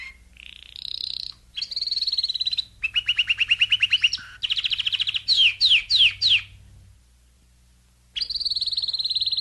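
Domestic canary song: high bright trills in separate tours, some fast and even, some slurred and swooping, with a short pause before a final trill.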